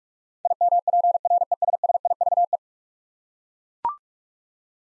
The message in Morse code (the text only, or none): IMPRESSIVE